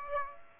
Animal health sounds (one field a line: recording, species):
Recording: mosquito wingbeat signal from an infrared sensor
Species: Aedes aegypti